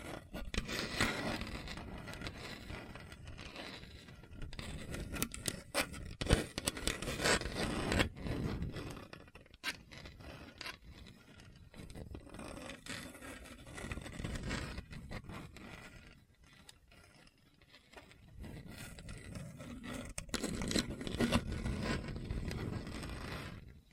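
Rough scratching over a hard, bumpy surface, dense and uneven, swelling in bursts near the start, middle and around twenty seconds, with sharp clicks throughout.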